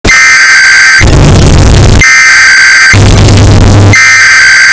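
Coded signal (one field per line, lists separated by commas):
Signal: Emergency Alert System (SAME) tones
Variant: header bursts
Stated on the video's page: Bass-boosted, distorted emergency alert sound effect looped for one hour.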